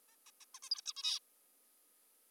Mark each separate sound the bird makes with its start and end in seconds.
0.08-0.16, 0.27-0.31, 0.41-0.45, 0.55-0.59, 0.63-0.70, 0.71-0.81, 0.86-0.93, 0.96-1.19